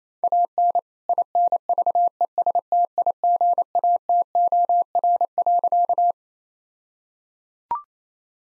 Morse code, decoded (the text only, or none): AN INVESTIGATOR.